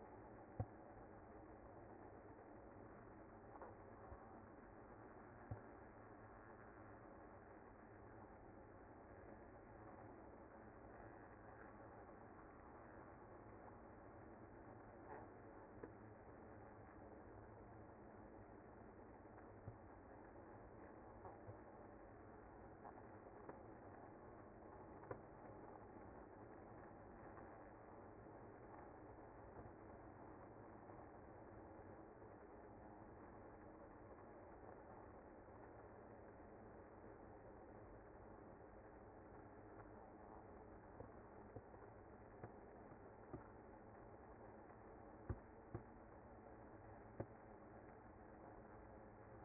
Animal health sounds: honeybee colony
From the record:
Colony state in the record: active

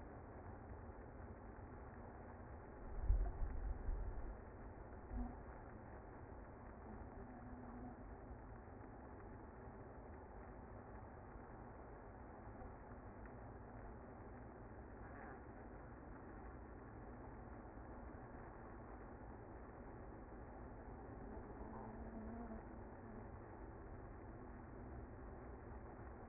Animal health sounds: honeybee colony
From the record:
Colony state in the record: active

